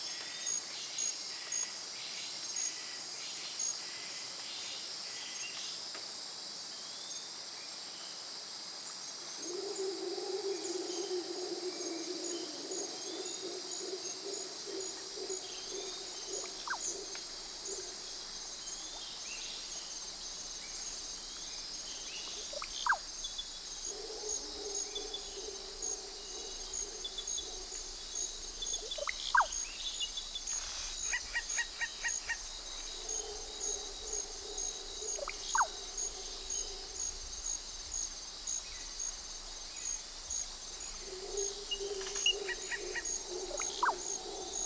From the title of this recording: Forest after rain